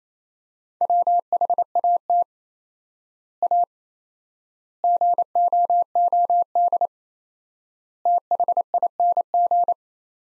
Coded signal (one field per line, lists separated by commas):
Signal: Morse code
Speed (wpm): 28 wpm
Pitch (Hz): 700 Hz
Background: none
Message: WHAT A GOOD THING